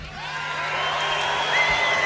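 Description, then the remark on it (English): A large festival crowd at the AREA 4 Festival, Flugplatz Borkenberge, Lüdinghausen, Germany, in 2009, boos at the mention of the racing team from the stage, in a steady, loud, sustained roar of overlapping voices, with a few higher shouts rising through the mass of sound. “What do you mean boo?”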